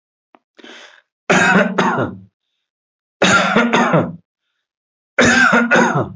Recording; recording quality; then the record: heavy voluntary cough; excellent, no background noise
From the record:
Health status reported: healthy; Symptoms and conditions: hypertension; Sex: male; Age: 52 years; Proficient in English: yes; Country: India